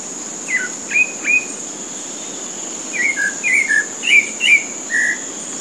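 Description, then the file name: Pale-breasted thrush song with three sharp whistles, a pause, then a fuller run of warbled slurred notes, accompanied throughout by a constant insect hum. Recorded at a golf course in Comandatuba, Bahia, Brazil, on 30 January 2013. "Turdus-leucomelas-golfe-IComandatuba BA-BR-30-1-13-ASilveira"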